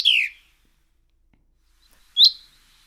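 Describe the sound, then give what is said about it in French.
Two short, high, thin bird phrases, a European robin's autumn song: a descending trill at the start, then a pause and a sharper bright phrase, with no talking. “Donc ça, c'est le chant de l'automne.”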